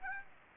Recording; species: mosquito wingbeat signal from an infrared sensor; Aedes aegypti